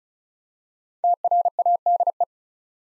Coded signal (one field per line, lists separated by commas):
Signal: Morse code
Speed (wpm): 36 wpm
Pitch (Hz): 700 Hz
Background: none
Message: TRADE